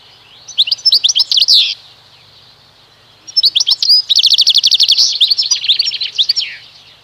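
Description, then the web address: European goldfinch singing two quick phrases of high twittering notes mixed with buzzy, rattling trills, the second phrase longer and ending in a descending slur. "Kurs PTTK Przyroda Ptaki Szczygieł"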